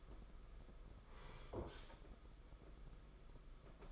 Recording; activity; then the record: daily activity, microphone in the room; sit down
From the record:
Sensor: 5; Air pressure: 991.8 hPa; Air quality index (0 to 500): 141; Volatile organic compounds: 121 ppm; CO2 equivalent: 3880 ppm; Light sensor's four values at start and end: 32/108/40/42 and 32/108/40/43